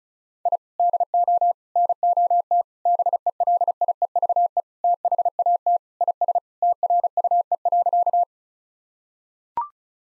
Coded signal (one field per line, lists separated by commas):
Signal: Morse code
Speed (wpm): 34 wpm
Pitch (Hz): 700 Hz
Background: none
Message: I DO NOT BELIEVE THAT IS TRUE.